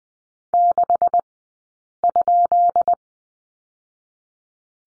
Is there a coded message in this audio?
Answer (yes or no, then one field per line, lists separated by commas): yes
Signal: Morse code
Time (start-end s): 0.5-2.9 s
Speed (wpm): 20 wpm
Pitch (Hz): 700 Hz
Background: none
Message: 6?